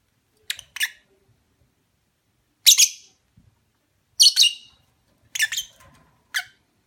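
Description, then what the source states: Lovebird calling with sharp, squeaky chirps, single and paired, scattered irregularly through a quiet background. Lovebird mating call, used as a lure.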